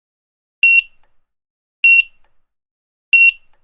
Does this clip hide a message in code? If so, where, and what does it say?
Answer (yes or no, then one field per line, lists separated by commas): no